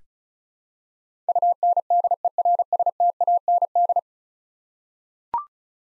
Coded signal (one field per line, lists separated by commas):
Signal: Morse code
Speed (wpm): 35 wpm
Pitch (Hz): 700 Hz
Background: none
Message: UNDERSTAND